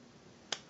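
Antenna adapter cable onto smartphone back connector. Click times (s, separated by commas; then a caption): 0.5 s. An external antenna adapter cable is pushed squarely onto the back connector of a Samsung Galaxy SII smartphone and pressed down until it snaps into place. A single sharp click sounds at 0.5 s over a quiet background, confirming the cable is seated.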